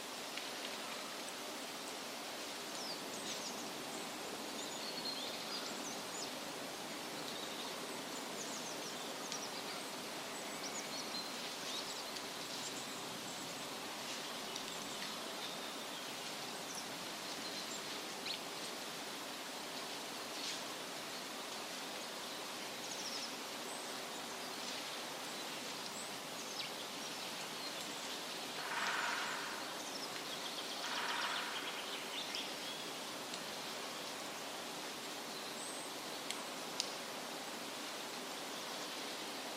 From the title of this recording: Woodland Ambience and Soothing Bird Chirping